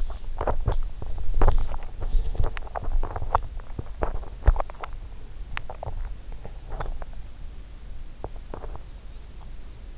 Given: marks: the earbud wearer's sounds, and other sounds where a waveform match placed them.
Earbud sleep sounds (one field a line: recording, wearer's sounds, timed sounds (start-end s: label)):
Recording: sounds in sleep by an in-ear microphone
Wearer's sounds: teeth grinding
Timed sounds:
0.00-8.97 s: teeth grinding